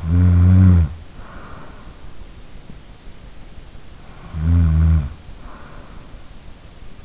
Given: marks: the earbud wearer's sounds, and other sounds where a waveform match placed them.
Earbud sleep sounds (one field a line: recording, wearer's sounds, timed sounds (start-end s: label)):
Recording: sounds in sleep by an in-ear microphone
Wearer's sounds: snoring breath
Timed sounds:
0.00-2.47 s: snoring breath
4.32-5.94 s: snoring breath